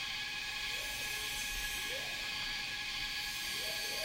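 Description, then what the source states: Cicada chorus forming a continuous high hissing drone with constant tonal bands, while faint short rising bird whistles come and go in the background. Cicadas in a rainforest, recorded together with birds.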